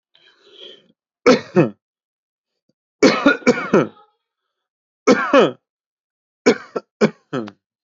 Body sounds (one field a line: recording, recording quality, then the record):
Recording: heavy voluntary cough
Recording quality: excellent, no background noise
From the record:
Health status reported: healthy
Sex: male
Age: 32 years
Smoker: no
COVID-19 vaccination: both doses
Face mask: not worn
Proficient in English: yes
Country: India